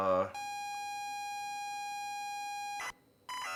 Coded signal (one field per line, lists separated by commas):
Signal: ZX Spectrum tape loading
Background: speech